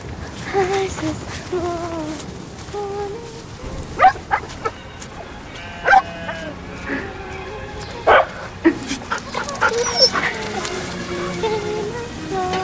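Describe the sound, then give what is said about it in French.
Dogs bark in sharp, scattered bursts while high, wavering whines and whimpers carry on between them, the barking loud against a steady background murmur. “Et qui l'accueille à part ça? Les chiens.”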